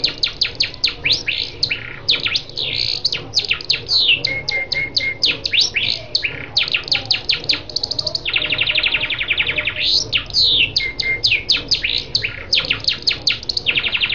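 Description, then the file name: Lancashire canary singing a long, continuous run of rapid high chirps, rolling trills and a sustained buzzy passage, with a few pure whistled notes. "canto do canario lancashire"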